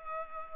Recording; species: mosquito wingbeat signal from an infrared sensor; Culex pipiens